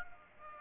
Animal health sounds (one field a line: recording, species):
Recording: mosquito wingbeat signal from an infrared sensor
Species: Aedes aegypti